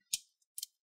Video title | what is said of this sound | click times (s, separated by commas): How to Upgrade SSD NVMe Storage on ACER NITRO 5 AN515-52-738F | and you want to hit big click sounds that's fine those that the clips are getting loosen you're not breaking anything | 0.1 s, 0.6 s